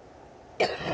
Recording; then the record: coughing mixed with background sound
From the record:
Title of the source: choking, hacking coughing